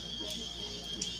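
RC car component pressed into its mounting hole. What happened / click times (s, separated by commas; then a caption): The part snapped into its mount on the second push / 1.0 s. An RC car component is pressed again into its mounting hole after a failed try, over a steady hum with a constant high tone. A single sharp click is heard at 1.0 s as the part seats. No one talks.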